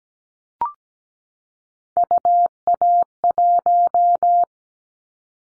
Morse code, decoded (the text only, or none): UA1